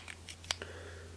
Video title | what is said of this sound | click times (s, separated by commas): Shinkalion SRG Combination (Shinkalion: Change The World) | until it clicks into place. | 0.5 s